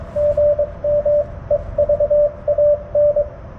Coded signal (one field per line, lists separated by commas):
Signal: Morse code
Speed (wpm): 22 wpm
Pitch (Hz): 590 Hz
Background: radio noise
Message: GM EVAN